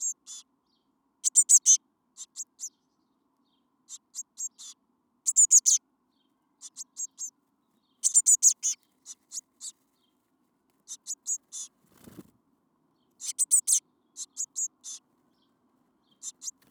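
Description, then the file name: Eurasian blue tit calls: short bursts of very high, short notes, repeated irregularly, with a brief low rustle late on. "Cyanistes caeruleus"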